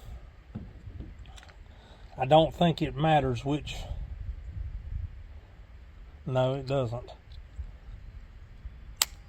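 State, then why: Seated. A replacement turn signal bulb socket is pressed into its mount on an F150 taillight, with someone talking before it. A single sharp, loud snap at 9.0 s shows the socket seating in place.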